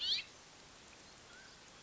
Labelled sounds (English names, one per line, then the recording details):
Mountain Quail
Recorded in Sonoma County, California